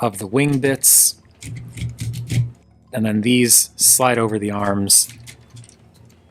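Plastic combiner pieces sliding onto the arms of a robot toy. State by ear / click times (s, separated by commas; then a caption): seated / 5.6 s, 5.7 s. Plastic combiner pieces are slid over the arms of a robot toy while someone talks. Two quick clicks at 5.6 and 5.7 seconds mark the pieces clicking into place on the arms.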